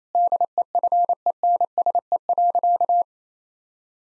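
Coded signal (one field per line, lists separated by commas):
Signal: Morse code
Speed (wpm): 28 wpm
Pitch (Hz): 700 Hz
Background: none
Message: DEFENSE.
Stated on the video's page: 28 wpm Morse practice of difficult sentences, each given a contextual hint beforehand.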